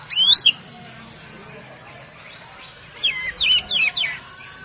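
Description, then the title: Oriental magpie-robin song: a loud rising whistled flourish, a long pause, then a run of rapid looping whistles and chirps over a soft background hiss. "Kacer"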